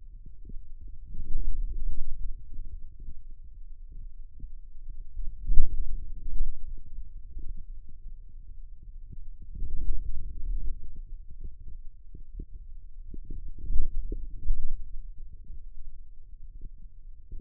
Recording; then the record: forearm muscle sounds (acoustic myography)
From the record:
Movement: outward rotation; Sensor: system 2, bracelet of six BSWA MPA416 microphones around the upper forearm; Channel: 6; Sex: male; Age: 22 years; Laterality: right